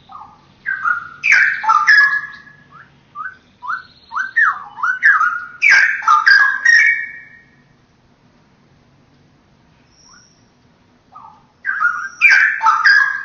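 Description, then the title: Oriental magpie-robin song: bursts of rich, varied whistled phrases with slurred and buzzy notes, separated by a few seconds of quiet before singing resumes. "Kicau Kacer"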